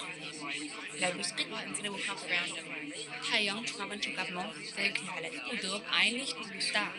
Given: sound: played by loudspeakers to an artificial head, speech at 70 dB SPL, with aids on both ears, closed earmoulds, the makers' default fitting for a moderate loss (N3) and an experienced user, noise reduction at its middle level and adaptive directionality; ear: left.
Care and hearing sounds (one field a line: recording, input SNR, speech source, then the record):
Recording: speech test signal (ISTS) in cocktail-party noise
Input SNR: -6 dB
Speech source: in front (0 degrees)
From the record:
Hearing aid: class 2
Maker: I